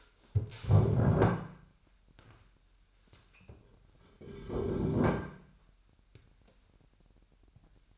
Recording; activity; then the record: daily activity, microphone in the room; stand up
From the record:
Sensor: 2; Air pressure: 998.4 hPa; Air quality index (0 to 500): 127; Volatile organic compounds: 3 ppm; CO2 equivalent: 1441 ppm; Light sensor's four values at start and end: 7/16/6/7 and 5/12/5/6